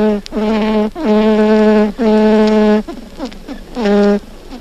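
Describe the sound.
European honey bee buzzing in several short bursts, each a steady low hum lasting under a second, with quiet gaps between them.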